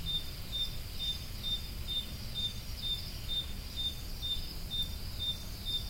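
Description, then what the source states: Cricket sounding short high chirps in an even series, about two each second, with steady low-frequency background noise. Crickets, more than one, recorded at Roodekopjes.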